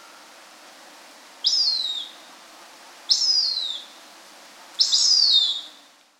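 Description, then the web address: Cooper's hawk giving three shrill, downward-slurred squeals spaced roughly one and a half seconds apart, each note tapering off, with a faint low hum underneath. "Birds of the Chicago Region. Cooper's Hawk"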